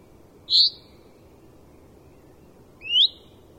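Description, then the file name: Common Chaffinch calling twice: a short high note, then a couple of seconds later an upward-sliding note, over a low background hiss. "Fringilla coelebs"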